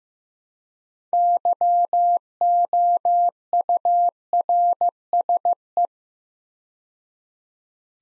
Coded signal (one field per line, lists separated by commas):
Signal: Morse code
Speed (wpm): 15 wpm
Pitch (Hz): 700 Hz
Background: none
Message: YOURSE